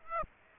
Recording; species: mosquito wingbeat signal from an infrared sensor; Aedes aegypti